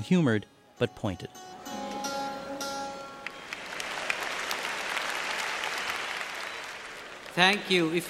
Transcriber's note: applause